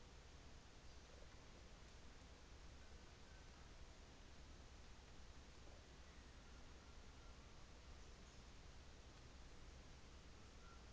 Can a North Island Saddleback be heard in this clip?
no